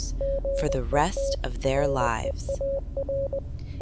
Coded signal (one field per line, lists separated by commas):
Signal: Morse code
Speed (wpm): 20 wpm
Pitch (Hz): 550 Hz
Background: speech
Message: GET REAR